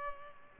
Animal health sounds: mosquito wingbeat signal from an infrared sensor; Culex pipiens

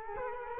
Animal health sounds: mosquito wingbeat signal from an infrared sensor; Culex quinquefasciatus

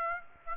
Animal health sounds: mosquito wingbeat signal from an infrared sensor; Aedes aegypti

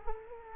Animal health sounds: mosquito wingbeat signal from an infrared sensor; Culex quinquefasciatus

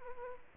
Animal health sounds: mosquito wingbeat signal from an infrared sensor; Aedes aegypti

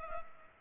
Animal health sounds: mosquito wingbeat signal from an infrared sensor; Culex pipiens

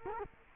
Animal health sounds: mosquito wingbeat signal from an infrared sensor; Culex quinquefasciatus

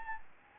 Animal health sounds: mosquito wingbeat signal from an infrared sensor; Anopheles gambiae

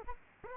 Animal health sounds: mosquito wingbeat signal from an infrared sensor; Aedes aegypti

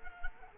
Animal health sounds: mosquito wingbeat signal from an infrared sensor; Culex quinquefasciatus

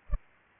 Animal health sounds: mosquito wingbeat signal from an infrared sensor; Culex pipiens

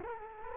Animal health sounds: mosquito wingbeat signal from an infrared sensor; Culex quinquefasciatus

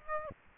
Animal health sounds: mosquito wingbeat signal from an infrared sensor; Aedes aegypti

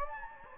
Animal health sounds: mosquito wingbeat signal from an infrared sensor; Anopheles gambiae

